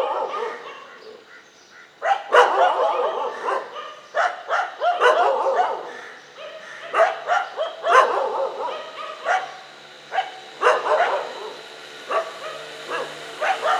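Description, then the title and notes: Dogs barking in a chorus, bursts of overlapping yelps and barks after a quiet start, several animals calling irregularly. Several dogs, morning street ambience on Mission Street, MG Road Area, Puducherry, India. "WRMJ+487, Mission St, MG Road Area, Puducherry, 605001, Inde - Concert de chiens. Ambiance matinale sur Mission Street - Concert de chiens. Prise de sons : JF CAVRO"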